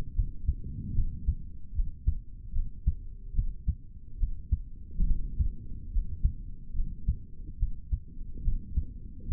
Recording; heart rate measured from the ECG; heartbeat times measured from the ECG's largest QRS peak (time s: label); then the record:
heart sounds by stethoscope; 72 bpm
0.14 s: heartbeat
0.94 s: heartbeat
1.74 s: heartbeat
2.53 s: heartbeat
3.33 s: heartbeat
4.18 s: heartbeat
5.05 s: heartbeat
5.91 s: heartbeat
6.74 s: heartbeat
7.58 s: heartbeat
8.42 s: heartbeat
9.26 s: heartbeat
From the record:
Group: healthy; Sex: male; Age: 55 years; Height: 167 cm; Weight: 57.2 kg